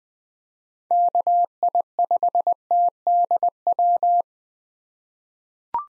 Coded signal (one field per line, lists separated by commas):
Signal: Morse code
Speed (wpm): 20 wpm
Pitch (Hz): 700 Hz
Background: none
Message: KI5TDW